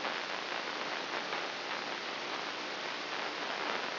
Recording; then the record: brain microelectrode recording played as sound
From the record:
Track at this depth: inside the subthalamic nucleus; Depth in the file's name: 1.205 mm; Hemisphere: right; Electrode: 3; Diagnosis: Parkinson's disease